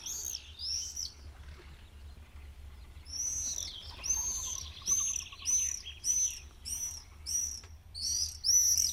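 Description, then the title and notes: Common Swift screaming: piercing high trills in short bursts roughly every half second to second, with a constant low background rumble. "Tervapääsky. Juha Laaksonen"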